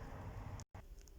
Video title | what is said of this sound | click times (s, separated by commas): Mondeo 2020 how to hard wire a dash cam to go on/off with ignition | and then it just basically clicks back into place | 0.6 s, 1.1 s